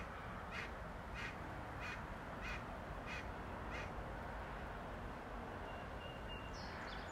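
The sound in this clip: Ducks giving a run of harsh quacks, about one every two-thirds of a second, half-buried in a heavy, constant low rumble.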